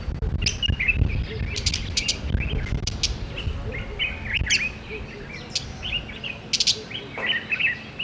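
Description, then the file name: Budgerigars twittering continuously with scratchy warbles and sudden high squeaks, over a steady low-pitched rumble. Budgerigar sounds to stimulate breeding. "Budgie Sounds Tahrik Joft"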